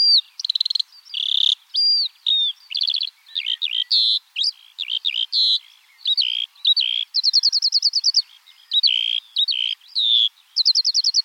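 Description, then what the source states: Eurasian skylark song: an unbroken, rapid warble of high chirps, trills and buzzy rattles, changing phrase every moment. In flight.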